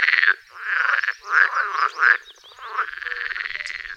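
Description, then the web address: Edible frog calling, several short rattling croaks followed by a long, steady pulsed trill that runs to the end. "Tajemnice puszczy Zaba wodna"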